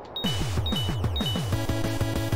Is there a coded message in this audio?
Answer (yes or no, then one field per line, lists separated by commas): no